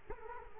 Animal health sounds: mosquito wingbeat signal from an infrared sensor; Culex quinquefasciatus

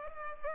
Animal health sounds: mosquito wingbeat signal from an infrared sensor; Culex pipiens

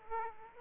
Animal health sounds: mosquito wingbeat signal from an infrared sensor; Aedes aegypti

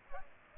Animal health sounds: mosquito wingbeat signal from an infrared sensor; Aedes aegypti

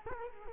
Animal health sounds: mosquito wingbeat signal from an infrared sensor; Culex quinquefasciatus

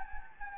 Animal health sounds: mosquito wingbeat signal from an infrared sensor; Anopheles gambiae

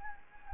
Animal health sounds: mosquito wingbeat signal from an infrared sensor; Anopheles gambiae

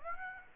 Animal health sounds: mosquito wingbeat signal from an infrared sensor; Aedes aegypti

